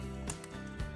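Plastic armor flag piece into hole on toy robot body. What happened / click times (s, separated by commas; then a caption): The plastic piece snapped into place / 0.3 s, 0.4 s. A plastic flag-shaped armor piece on an IronFactory Iron Samurai Series EX 46 Honekumoki Bludgeon transforming toy robot is lined up and pressed into a hole in the middle of the body. Two short clicks are heard at 0.3 s and 0.4 s over a steady music bed as the piece snaps on and is seated.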